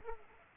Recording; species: mosquito wingbeat signal from an infrared sensor; Culex pipiens